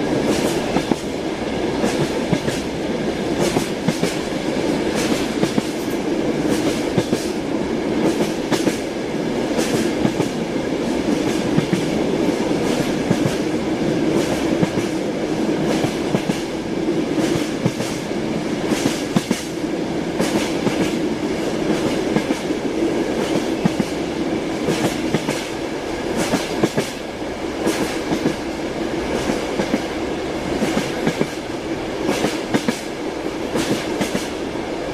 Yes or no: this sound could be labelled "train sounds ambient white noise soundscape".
yes